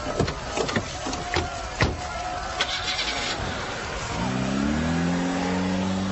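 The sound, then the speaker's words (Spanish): A few sharp clicks and thumps as people climb into a car, then its engine roars to life and revs steadily louder, its low droning pitch climbing as it accelerates away. “¡Suban al auto! Yo conduciré. Pasé mi adolescencia en los arrancones de Brooklyn.”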